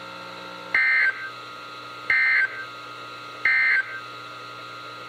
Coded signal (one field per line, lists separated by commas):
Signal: Emergency Alert System (SAME) tones